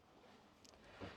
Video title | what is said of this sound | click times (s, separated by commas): 250 Series Towing Installation Video - Full DIY Kit | it will make a nice click noise knowing that the retainer clip has clipped into that | 0.7 s